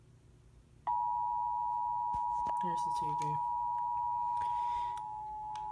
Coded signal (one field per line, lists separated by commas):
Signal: Emergency Alert System (SAME) tones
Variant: 853 and 960 Hz attention tone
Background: speech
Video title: (BUNCHA TOR's BUNCHA FFW) NOAA Radio (EAS # 228-250) SVR's TOR's FFW's